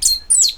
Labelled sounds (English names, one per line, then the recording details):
Stitchbird song
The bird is a male
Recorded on Tiritiri Matangi Island, New Zealand, in 2005
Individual 8, of nest box 10